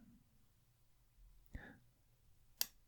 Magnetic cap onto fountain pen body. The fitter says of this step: there we go and it snaps back in